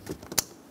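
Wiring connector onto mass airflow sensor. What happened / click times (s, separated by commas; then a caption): The plastic connector clicked into place / 0.4 s. A plastic wiring connector is pushed onto the mass airflow (MAF) sensor of a 2014-2018 Chevrolet Silverado 1500 5.3L V8 during a high pressure fuel pump replacement. A sharp click at 0.4 s shows it seating, with faint handling noises before and another short knock at the very end. The connector is seated, and then its lock is closed.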